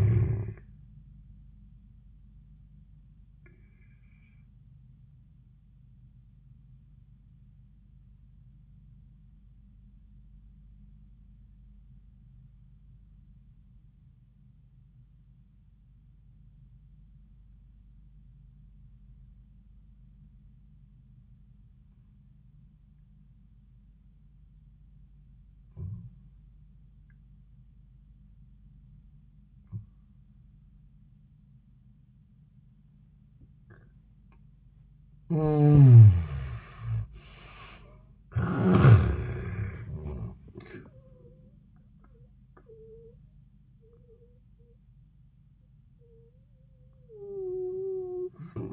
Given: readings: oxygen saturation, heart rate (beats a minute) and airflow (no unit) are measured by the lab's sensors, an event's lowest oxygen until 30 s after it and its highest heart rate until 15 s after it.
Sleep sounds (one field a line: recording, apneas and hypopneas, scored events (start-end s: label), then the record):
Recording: breathing in sleep by a smartphone at the bedside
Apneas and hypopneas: 1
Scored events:
6.00-33.70 s: obstructive apnea (N1, oxygen 96% highest, then 71% lowest, heart rate 84 at the start, 84 highest)
14.00-44.00 s: new sleep stage, N2 (light sleep)
44.00-48.73 s: new sleep stage, N1 (lightest sleep)
From the record:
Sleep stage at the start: N1 (lightest sleep)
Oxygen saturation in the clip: 71 to 96%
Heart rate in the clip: 67 to 85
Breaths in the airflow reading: 4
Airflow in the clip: -31.6 to 31.9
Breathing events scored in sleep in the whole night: 400 in 8.7 hours asleep